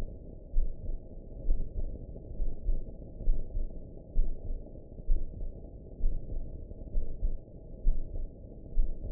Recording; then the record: heart sounds by optical stethoscope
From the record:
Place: pulmonary valve (PV)